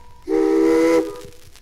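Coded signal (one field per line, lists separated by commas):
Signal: train horn signal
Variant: steam locomotive whistle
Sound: one short, breathy steam whistle blast, steady pitch, ending in a brief hiss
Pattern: 1 short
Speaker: to record for the first time the standard code of operating rules prescription of engine whistle signals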